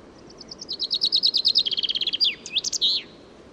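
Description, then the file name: Common chaffinch song: a fast series of high notes, then a lower trill, ending in a short flourish, about three seconds long. "Fringilla coelebs"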